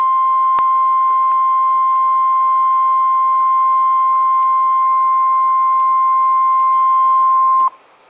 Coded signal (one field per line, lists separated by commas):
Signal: Emergency Alert System (SAME) tones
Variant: 1050 Hz attention tone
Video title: Severe Thunderstorm Warning for Storms Capable of Quarter Size Hail {EAS #187}